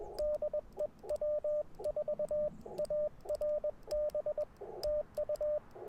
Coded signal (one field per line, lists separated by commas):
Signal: Morse code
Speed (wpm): 20 wpm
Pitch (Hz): 600 Hz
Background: radio noise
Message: DE W4ARB TU